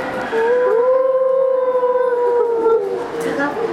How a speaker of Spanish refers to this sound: caminando por el bosque cuando de repente escucharon a unos lobos.